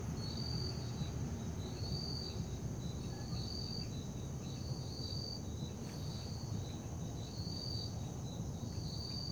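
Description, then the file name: Cricket chirping in regular high pulsed bursts over a constant shrill tone, with a soft low background rumble. Night ambience in Parque da Liberdade. "Ambiencia parque da liberdade a noite com grilos, morcegos, moto longe e sapos"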